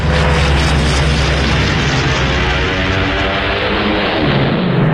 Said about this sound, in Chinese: 斯图卡式俯冲轰炸机装备有警报器，训练有素的飞行员在下降过程中必须忍受住高压，并在最后一刻向目标精确投放炸弹。